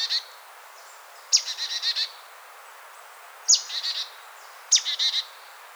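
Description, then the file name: Marsh tit calling several times, each a sharp high note followed by a quick run of buzzy, nasal notes. "Poecile palustris"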